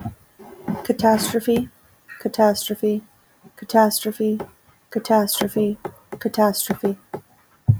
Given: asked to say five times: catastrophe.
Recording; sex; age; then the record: repeated word; female; 30 to 39 years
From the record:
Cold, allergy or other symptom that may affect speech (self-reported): no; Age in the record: 31 years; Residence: Arizona, United States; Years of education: 15